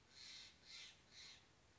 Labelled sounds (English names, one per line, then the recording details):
Steller's Jay
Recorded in Sonoma County, California